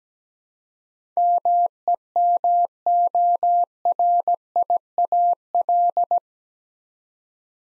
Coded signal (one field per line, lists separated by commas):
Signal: Morse code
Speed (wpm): 17 wpm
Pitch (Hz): 700 Hz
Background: none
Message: MEMORIAL